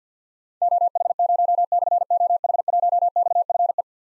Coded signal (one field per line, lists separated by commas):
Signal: Morse code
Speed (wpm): 46 wpm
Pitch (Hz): 700 Hz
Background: none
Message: OH0/OH1XFE